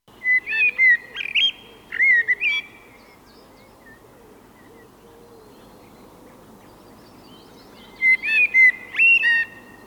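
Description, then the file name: Eurasian blackbird delivering whistled phrases with high squeaky flourishes, then a long gap before another phrase, over faint low background sounds. "koltrast"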